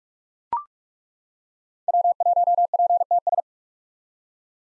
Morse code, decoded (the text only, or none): W1PTS